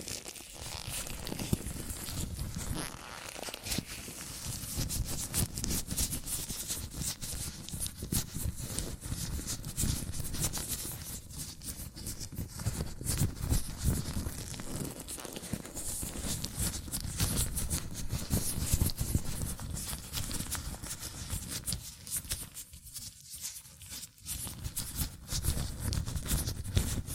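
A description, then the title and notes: Latex gloves rub, squeak and crinkle against hands in a dense, continuous stream of small scratchy sounds with no pauses. Sharp snaps and crackles stand out throughout, loudest near the start and toward the end, over a steady low rustling bed. ASMR Latex Gloves Hand Sounds (No Talking).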